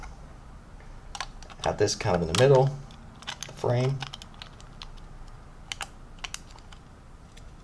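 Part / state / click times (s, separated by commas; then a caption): plastic back part into the model's frame / not seated / none. A plastic back part of an Eaglemoss 1/8 scale diecast Gone in 60 Seconds Mustang model kit is handled and pressed toward the middle of the model's frame, making scattered sharp, brief plastic ticks and taps while someone talks. The part has not seated or clicked into place yet.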